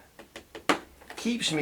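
A foam accessory slat (or vortex generator) clipped onto the leading-edge rod of an E-Flite Super Timber 1.7m RC airplane wing is pulled back at a 45° angle while the part is shielded by the body. After a few faint taps, a sharp snap at 0.7 s marks the slat popping off the mounting rod, releasing it. Someone talks afterward.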